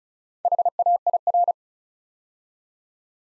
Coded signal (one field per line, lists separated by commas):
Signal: Morse code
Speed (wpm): 36 wpm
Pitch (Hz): 700 Hz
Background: none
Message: HAIR